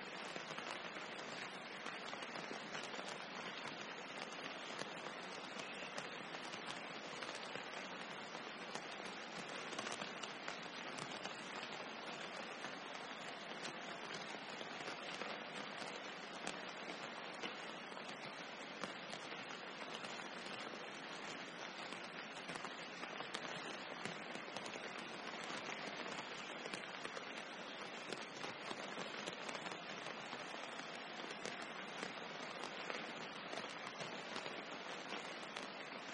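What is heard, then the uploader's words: Dense rain pours steadily on a tropical rainforest campsite, a thick, hissing wash that stays even for the whole stretch. Countless drops crackle and patter sharply on surfaces, bright and busy, with almost nothing in the low end. Tropical rainforest camping and dense rain.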